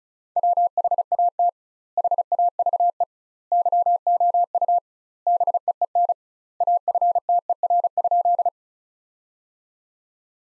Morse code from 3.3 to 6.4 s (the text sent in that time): YOU BEEN